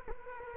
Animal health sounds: mosquito wingbeat signal from an infrared sensor; Culex quinquefasciatus

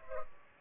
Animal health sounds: mosquito wingbeat signal from an infrared sensor; Culex pipiens

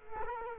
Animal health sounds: mosquito wingbeat signal from an infrared sensor; Culex quinquefasciatus

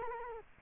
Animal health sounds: mosquito wingbeat signal from an infrared sensor; Culex quinquefasciatus

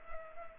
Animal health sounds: mosquito wingbeat signal from an infrared sensor; Culex pipiens

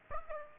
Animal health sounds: mosquito wingbeat signal from an infrared sensor; Aedes aegypti

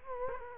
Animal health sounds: mosquito wingbeat signal from an infrared sensor; Culex quinquefasciatus

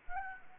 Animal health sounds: mosquito wingbeat signal from an infrared sensor; Anopheles arabiensis

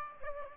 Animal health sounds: mosquito wingbeat signal from an infrared sensor; Aedes albopictus

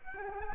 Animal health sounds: mosquito wingbeat signal from an infrared sensor; Culex quinquefasciatus

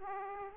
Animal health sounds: mosquito wingbeat signal from an infrared sensor; Aedes aegypti

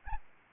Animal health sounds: mosquito wingbeat signal from an infrared sensor; Aedes albopictus

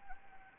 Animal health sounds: mosquito wingbeat signal from an infrared sensor; Anopheles arabiensis

